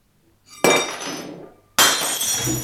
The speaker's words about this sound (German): Oh, ich habe mein Glas umgeworfen. Ja, das sehen wir.